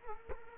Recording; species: mosquito wingbeat signal from an infrared sensor; Culex quinquefasciatus